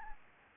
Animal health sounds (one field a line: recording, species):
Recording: mosquito wingbeat signal from an infrared sensor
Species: Anopheles gambiae